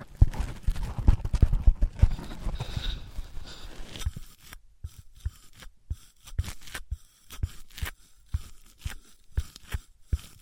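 Objects of wood, cork, sponge, foam, glass or plastic are handled and knocked together, giving dense clattering and rubbing for the first four seconds. After that the sound thins into separate dry taps and clicks, irregular and a little hollow, with short quiet gaps between them.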